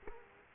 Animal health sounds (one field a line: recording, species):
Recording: mosquito wingbeat signal from an infrared sensor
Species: Culex quinquefasciatus